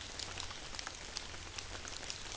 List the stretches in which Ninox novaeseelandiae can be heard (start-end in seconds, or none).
none